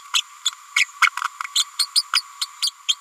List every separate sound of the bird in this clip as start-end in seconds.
0.14-0.22, 0.76-0.86, 1.01-1.09, 1.55-1.65, 1.78-1.87, 1.95-2.04, 2.13-2.23, 2.41-2.46, 2.61-2.71, 2.88-2.95